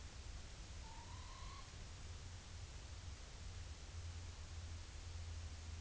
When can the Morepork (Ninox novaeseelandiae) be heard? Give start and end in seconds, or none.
0.75-1.64